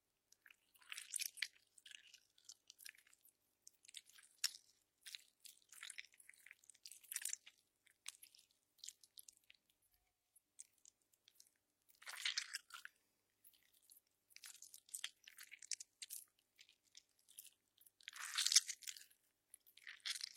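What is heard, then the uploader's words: Orange juice is squeezed by hand in short, wet, crunchy bursts with quiet gaps between. The squelches are bright and hissy, coming irregularly about once or twice a second, with louder, longer squeezes near twelve and eighteen seconds. Hand-squeezed orange juice.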